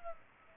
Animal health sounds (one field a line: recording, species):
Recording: mosquito wingbeat signal from an infrared sensor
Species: Culex pipiens